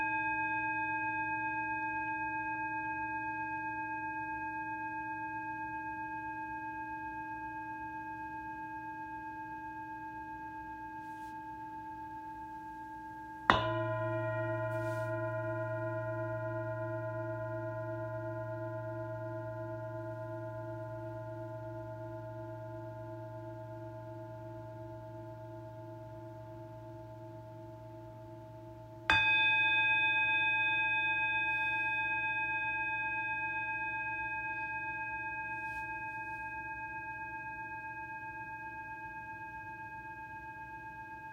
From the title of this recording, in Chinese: 頌缽音樂